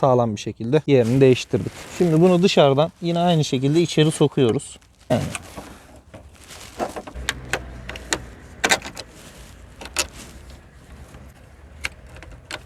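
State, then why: Seated. An exterior door handle on a Tofaş car is pushed back into its opening in the door from the outside, after someone talks during the first five seconds. A run of sharp clicks follows, and the handle snaps into the door and seats in place at 8.7 s.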